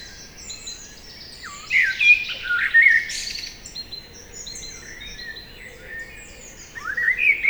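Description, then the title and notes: Common blackbird song, short fluted phrases with high twittering, then a quieter stretch before another phrase. Common blackbird singing trilling song from a tree beside Lac de Barterand lake, Magnieu, France, during the evening chorus; Sennheiser MKH8040 stereo ORTF microphones and Zoom F8 recorder. "Lac de Barterand - Magnieu, France - Chorus du soir. ce merle noir. son chant s'envole en trilles"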